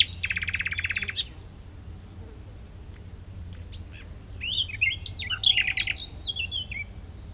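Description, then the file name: Common nightingale opening with a rapid, buzzy rattle of repeated notes, a pause, then a jumble of whistled and chirped notes, over a constant low hum. "Luscinia megarhynchos"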